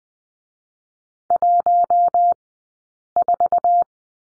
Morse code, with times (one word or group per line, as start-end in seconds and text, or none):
1.3-2.3 1
3.2-3.8 4